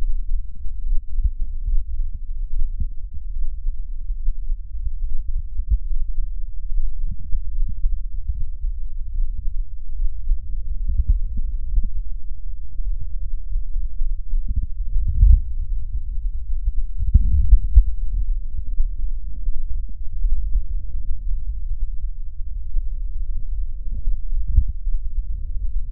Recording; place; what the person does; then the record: lung sounds by stethoscope; left anterior apical chest; quiet breathing, then deep breathing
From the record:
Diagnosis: none (healthy); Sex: male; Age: 35 years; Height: 186 cm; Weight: 108 kg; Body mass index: 31.2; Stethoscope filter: bell mode